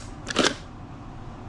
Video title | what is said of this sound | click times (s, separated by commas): Miley & The Wagon Are Ready For Helen! ( Mk2 Down ) | no that's not bad like super nice click | 0.3 s, 0.5 s